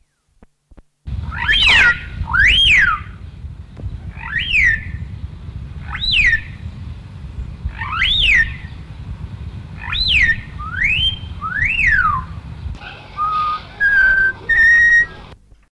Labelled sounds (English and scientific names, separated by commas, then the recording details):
Common Hill Myna (Gracula religiosa) call
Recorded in captivity
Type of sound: call
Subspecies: palavensis
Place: Zoo Hannover, Niedersachsen, DE
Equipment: Halbspur, 9,5 cm/s
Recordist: Lütgens, Hans
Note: Rufe